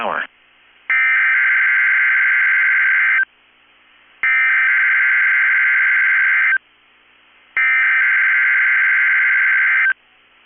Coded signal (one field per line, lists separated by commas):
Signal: Emergency Alert System (SAME) tones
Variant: header bursts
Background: speech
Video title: 2/15/23 - KEC65 Required Weekly Test (EAS #717)